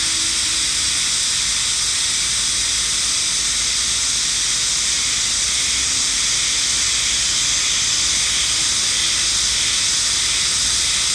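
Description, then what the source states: Cicada chorus forming an unbroken shrill hiss with a faint throbbing pulse, steady throughout. Chorus in the sacred forest of Nou Hakusan Shrine, Japan, the northernmost habitat on the Sea of Japan side; possibly near season's end; calling fairly well; recorded with an MKH8020 microphone.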